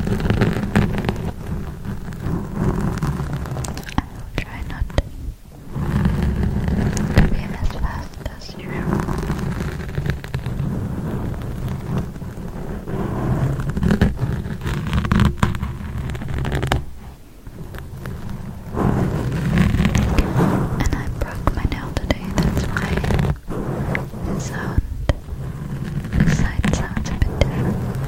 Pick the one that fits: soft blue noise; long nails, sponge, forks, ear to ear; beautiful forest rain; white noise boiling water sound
long nails, sponge, forks, ear to ear